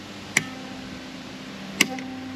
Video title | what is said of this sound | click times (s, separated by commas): EG4 Lithium Battery RV Upgrade / Update # 5 | thing here and it'll do two clicks | 0.4 s, 1.8 s